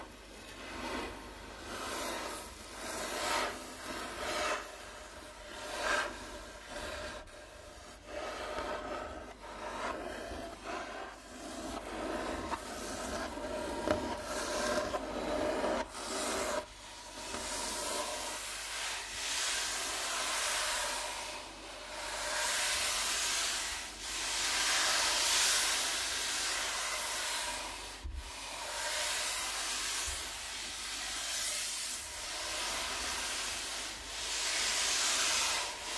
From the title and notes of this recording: ASMR Rubbing & Scratching on a Wooden Table Changing Patterns (NO TALKING).